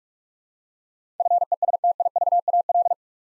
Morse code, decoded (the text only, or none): FESTIVAL